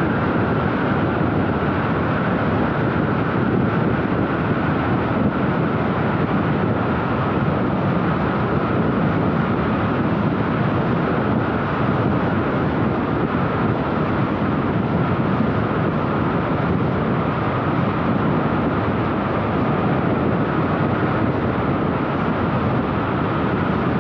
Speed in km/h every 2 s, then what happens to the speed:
101, 100, 98, 98, 98, 98, 97, 97, 90, 101, 104, 105.
0-14 steady at about 98. 14-17 slows to 90. 17-24 speeds up to 105.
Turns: none.